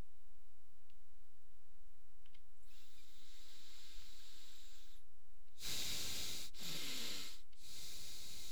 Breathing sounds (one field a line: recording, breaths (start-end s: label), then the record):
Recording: nose breathing near a microphone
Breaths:
2.24-5.39 s: inhalation
5.39-6.44 s: exhalation
6.44-7.44 s: inhalation
7.44-8.51 s: exhalation
From the record:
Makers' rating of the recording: medium